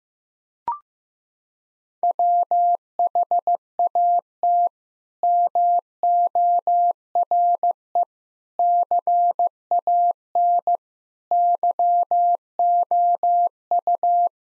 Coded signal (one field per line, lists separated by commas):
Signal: Morse code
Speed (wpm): 16 wpm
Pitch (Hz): 700 Hz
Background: none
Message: WHAT MORE CAN YOU